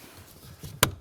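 The plastic lower dash cover on a 2016-2020 Kia Sorento, reinstalled during a front HVAC blower motor replacement, is lined up at the rear holes and pushed upward into the dashboard clip holes. After a quiet stretch with low rumbling handling noise, a single sharp, bright snap sounds at 0.8 s as the retaining clips seat. The cover is confirmed clicked home.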